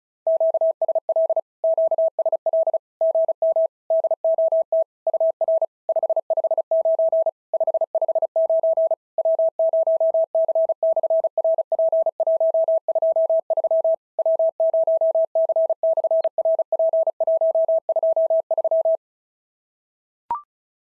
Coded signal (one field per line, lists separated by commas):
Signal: Morse code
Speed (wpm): 36 wpm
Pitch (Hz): 650 Hz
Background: none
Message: QSL QSL GM DOT UR 559 559 W0C/RP123 W0C/RP123